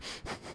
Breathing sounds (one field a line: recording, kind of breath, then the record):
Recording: one breath in and out by a microphone near the nose and mouth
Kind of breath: strong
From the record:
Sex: male